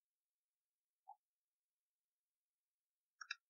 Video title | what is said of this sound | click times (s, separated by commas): Vantrue - N1 Pro Mini Battery Replacement | the bottom does actually snap into place | 3.2 s, 3.3 s